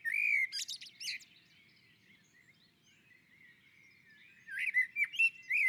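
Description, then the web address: Common blackbird song: warbled whistles with a high squeaky ending, a long pause, then mellow fluting notes resume. On a roof. "Naturinspelningar Koltrast på taket"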